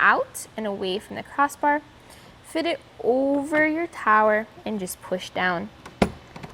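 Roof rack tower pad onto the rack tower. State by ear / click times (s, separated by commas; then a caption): seated / 6.0 s. Someone talks while fitting the rubber-bottomed pad, with its bracket on top and its arrow facing out and away from the crossbar, over the tower of a Yakima RidgeLine roof rack for flush rails on a 2014 Infiniti Q50. The pad is pushed down, and a sharp click at 6.0 s marks the first click as it seats onto the tower, followed by faint ticks.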